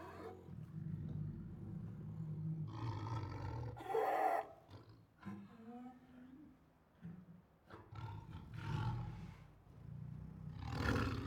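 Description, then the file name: Siberian tiger producing a varied run of deep rumbling growls, harsh snarls and short roaring bursts, rising and falling in loudness throughout. Protective growls, roars and snarls. "Siberian Tiger Protective Growls, Roars and Snarls 3 [Sound Ideas]"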